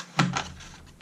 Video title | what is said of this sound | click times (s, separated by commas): 13th Squadron -- Snap Motor Mount BUILD | It'll snap into place. | 0.2 s